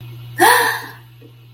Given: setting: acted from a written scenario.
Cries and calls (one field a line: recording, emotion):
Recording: vocal sound without words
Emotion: positive surprise